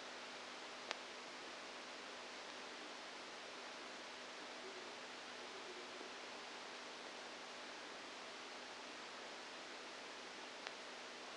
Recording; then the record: brain microelectrode recording played as sound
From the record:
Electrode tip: outside the subthalamic nucleus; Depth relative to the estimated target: -6 mm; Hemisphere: right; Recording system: NeuroSet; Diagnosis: Parkinson's disease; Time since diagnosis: 7 years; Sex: female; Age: 68 years